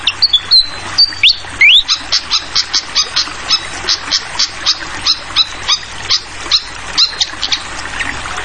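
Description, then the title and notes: Fantail song: a couple of thin whistled notes and a rising slur, then a long, regular series of high ticking chips, with running water behind. Tutoring (masteran) song for training songbirds, clear voice, mixed with the sound of flowing water. "Masteran Sikatan Kipas Suara Jernih Dan Suara Gemericik Air. Suara Burung Sikatan Londo"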